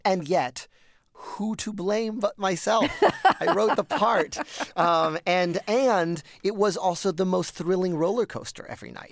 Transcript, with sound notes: And yet who to blame but myself?
(Laughter).
I wrote the part. And it was also the most thrilling roller coaster every night.